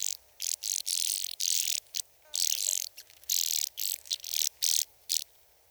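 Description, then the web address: Band-winged grasshopper producing a dense run of hissing, rasping bursts with brief breaks, and a faint chirp in the background. "Sissonne Environnement Oedipode"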